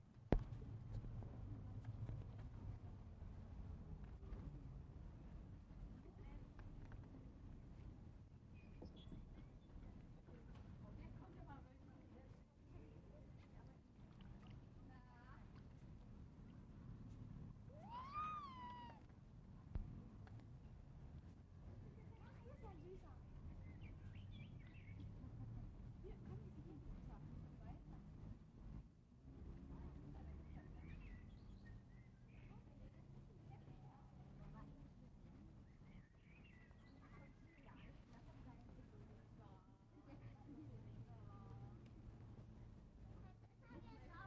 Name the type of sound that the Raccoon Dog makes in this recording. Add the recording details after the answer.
whimpering. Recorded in captivity. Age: adult. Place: Tierpark Berlin, Berlin, DE. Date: 1960-05-14 20:00. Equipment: Reporter, Vollspur. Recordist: Tembrock, Günter